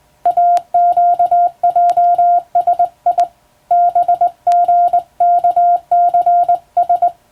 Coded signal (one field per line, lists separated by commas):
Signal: Morse code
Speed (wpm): 21 wpm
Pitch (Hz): 700 Hz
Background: none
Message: AQJSI BGKCS